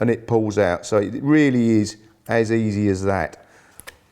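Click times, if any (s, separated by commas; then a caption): 3.8 s, 3.9 s. Someone talks, then a metal reciprocating saw blade is pushed back into the twisted tool-free blade chuck of an Einhell XMS19ERECIP reciprocating saw. Two sharp clicks are heard at 3.8 and 3.9 seconds as the blade seats and locks into place.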